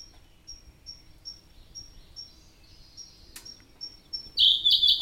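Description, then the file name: Siberian blue robin song: thin high ticks repeat quietly for several seconds, then a sudden loud, rapid trill bursts out at the end. "robin-siberian-blue -Larvivora-cyane"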